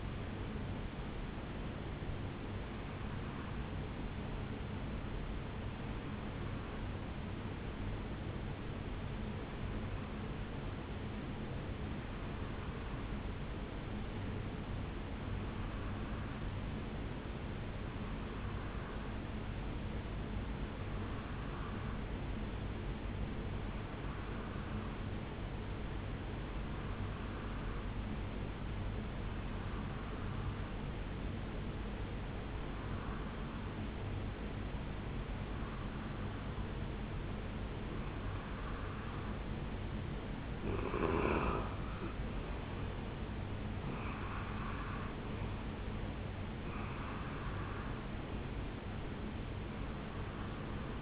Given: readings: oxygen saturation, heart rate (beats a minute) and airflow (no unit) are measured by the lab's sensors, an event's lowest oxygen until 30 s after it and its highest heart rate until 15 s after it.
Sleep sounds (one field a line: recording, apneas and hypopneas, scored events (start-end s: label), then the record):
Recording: breathing in sleep by a voice recorder at the bedside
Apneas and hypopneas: 1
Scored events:
12.00-38.80 s: hypopnea (N2, oxygen 97% highest, then 89% lowest, heart rate 66 at the start, 76 highest)
12.00-51.02 s: new sleep stage, N2 (light sleep)
From the record:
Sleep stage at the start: N1 (lightest sleep)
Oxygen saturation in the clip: 88 to 97%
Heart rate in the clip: 55 to 76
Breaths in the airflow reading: 14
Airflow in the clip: -6.7 to 3.8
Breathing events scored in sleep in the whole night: 449 in 7.0 hours asleep